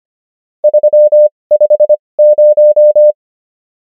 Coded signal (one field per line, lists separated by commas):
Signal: Morse code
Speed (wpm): 25 wpm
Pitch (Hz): 600 Hz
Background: none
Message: 350